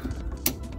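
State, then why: Seated. A plastic quick-release fuel line connector is pushed onto the fuel filter spigot of a Mk6 Ford Fiesta 1.4 Ghia after its yellow caps are removed. It snaps on with a single sharp, bright click at 0.5 s over a low background hum. The connector is confirmed seated.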